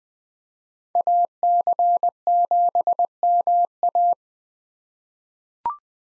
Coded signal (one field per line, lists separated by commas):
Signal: Morse code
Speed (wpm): 20 wpm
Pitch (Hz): 700 Hz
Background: none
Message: AC7MA